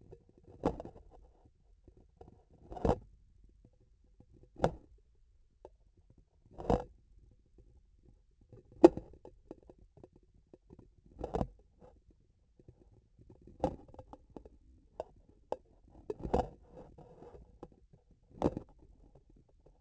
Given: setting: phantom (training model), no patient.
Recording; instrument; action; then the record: laparoscopic instrument, vibration sensor on the handle end; grasping forceps; opening and closing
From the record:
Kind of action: tool actuation without material contact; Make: Olympus